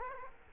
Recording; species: mosquito wingbeat signal from an infrared sensor; Culex quinquefasciatus